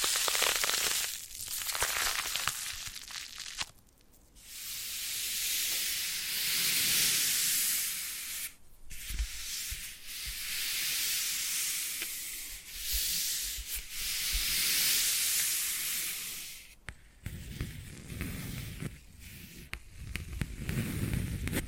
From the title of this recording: Foam Massage